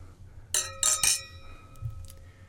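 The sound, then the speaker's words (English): Wine glasses clink together in a toast during a wine tasting, three times in quick succession, each bright strike leaving a high, pure ringing tone that slowly fades over a quiet background. “So we should cheers here.”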